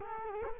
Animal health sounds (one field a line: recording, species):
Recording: mosquito wingbeat signal from an infrared sensor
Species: Culex quinquefasciatus